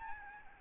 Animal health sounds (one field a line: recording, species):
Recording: mosquito wingbeat signal from an infrared sensor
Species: Aedes albopictus